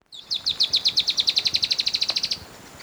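Dusky-tailed antbird calling: a quick run of many short, high notes, evenly paced and slightly quickening over about two seconds, against faint background hiss.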